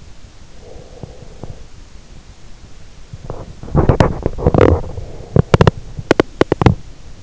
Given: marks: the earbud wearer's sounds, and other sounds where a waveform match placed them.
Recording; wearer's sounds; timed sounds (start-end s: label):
sounds in sleep by an in-ear microphone; breath, teeth grinding
0.42-1.97 s: breath
3.75-7.23 s: teeth grinding